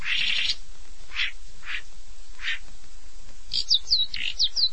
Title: Kicau Burung Pentet